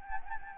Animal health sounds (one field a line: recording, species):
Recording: mosquito wingbeat signal from an infrared sensor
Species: Anopheles gambiae